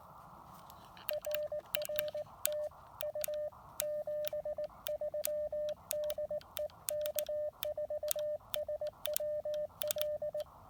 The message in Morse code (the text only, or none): RR TU 73 DE K4SWL